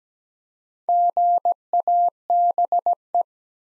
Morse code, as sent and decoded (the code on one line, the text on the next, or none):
--. .- -... .
GABE